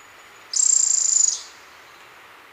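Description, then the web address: Bronze-olive pygmy-tyrant giving a single very high, buzzy trill lasting under a second, steady in pitch, then silence. Recorded in Ecuador. "Birds of Ecuador. Bronze-olive Pygmy-Tyrant"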